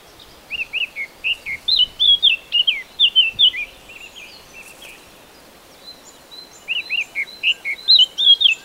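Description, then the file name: Eurasian blackcap song: quick, bright warbled phrases of varied chattering notes, a burst lasting about four seconds, a pause, then another warbled burst. "Sylvia atricapilla"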